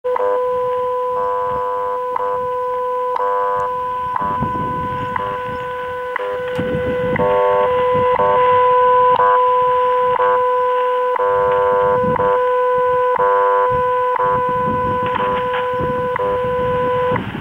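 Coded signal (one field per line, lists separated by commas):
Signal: radio time signal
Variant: WWV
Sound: steady low tone interrupted by a short tick each second, with intermittent buzzy tone bursts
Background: radio static, interference tones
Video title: DXpedition North Country - WWV 10000 kHz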